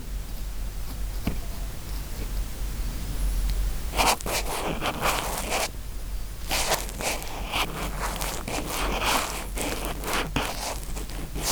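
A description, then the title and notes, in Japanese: Rough ear cleaning with a cotton swab and brush. The first four seconds are a quiet, steady hiss with a faint tap, then dense scratchy brushing strokes start and run on and off to the end, with a brief lull near six seconds. ザツな耳かき…3種の神器/綿棒/ブラシ。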